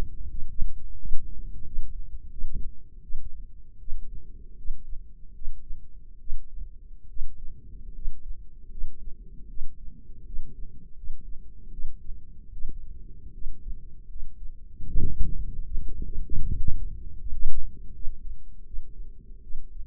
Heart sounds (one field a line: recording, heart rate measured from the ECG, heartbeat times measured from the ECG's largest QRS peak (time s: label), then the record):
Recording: heart sounds by microphone in the left ear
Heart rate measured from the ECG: 78 bpm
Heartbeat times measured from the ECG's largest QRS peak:
0.29 s: heartbeat
0.98 s: heartbeat
1.64 s: heartbeat
2.30 s: heartbeat
3.02 s: heartbeat
3.79 s: heartbeat
4.56 s: heartbeat
5.33 s: heartbeat
6.19 s: heartbeat
7.08 s: heartbeat
7.93 s: heartbeat
8.69 s: heartbeat
9.48 s: heartbeat
10.24 s: heartbeat
10.95 s: heartbeat
11.71 s: heartbeat
12.51 s: heartbeat
13.32 s: heartbeat
14.08 s: heartbeat
14.87 s: heartbeat
15.72 s: heartbeat
16.46 s: heartbeat
17.18 s: heartbeat
17.93 s: heartbeat
18.64 s: heartbeat
19.41 s: heartbeat
From the record:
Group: healthy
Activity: rest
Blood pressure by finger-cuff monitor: 133/69 mmHg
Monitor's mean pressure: 90 mmHg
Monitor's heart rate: 78 bpm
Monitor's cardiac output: 7.4 L/min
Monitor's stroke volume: 95 mL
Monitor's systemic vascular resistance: 830 dyn s/cm5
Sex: female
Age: 22 years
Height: 154 cm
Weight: 58.7 kg